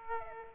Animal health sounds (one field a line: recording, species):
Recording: mosquito wingbeat signal from an infrared sensor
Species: Aedes aegypti